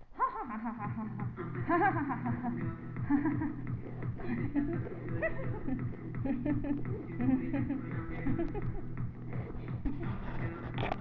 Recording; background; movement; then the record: laughter; music; sitting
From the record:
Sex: female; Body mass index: 22.6 kg/m2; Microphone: on the chest, facing the body